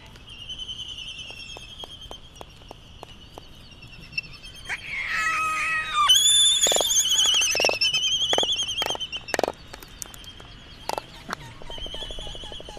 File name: phoebastria immutabilis